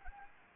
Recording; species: mosquito wingbeat signal from an infrared sensor; Anopheles gambiae